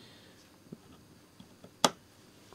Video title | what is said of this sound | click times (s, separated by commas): The Owner Left This Xbox One S Out For SCRAP! Can I Fix It Before It's Too Late? | So satisfying to hear that click. | 1.8 s